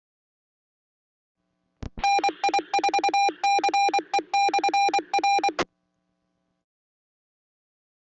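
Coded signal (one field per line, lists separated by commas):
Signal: Morse code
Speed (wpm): 24 wpm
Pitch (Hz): 800 Hz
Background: none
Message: NI4CE/R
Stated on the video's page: Live feed of Florida amateur radio repeaters, including statewide, SKYWARN, club and DMR systems.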